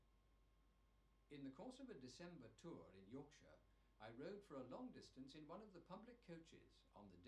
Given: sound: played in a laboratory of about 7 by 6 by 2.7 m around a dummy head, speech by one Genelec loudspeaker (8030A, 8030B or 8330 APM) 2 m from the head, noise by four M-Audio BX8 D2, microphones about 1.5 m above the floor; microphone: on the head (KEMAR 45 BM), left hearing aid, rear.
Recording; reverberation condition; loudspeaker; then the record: male speech in English; low; 150 degrees to the right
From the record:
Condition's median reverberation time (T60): about 310 ms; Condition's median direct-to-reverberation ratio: about 3.5 dB